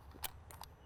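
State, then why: Seated. A fuel filler cap is closed onto the neck of a car's fuel tank, giving two sharp clicks at 0.5 and 0.6 seconds after a louder broadband knock around 0.25 seconds. The cap clicks shut and is seated, which matters because an unclicked cap can let vapours escape.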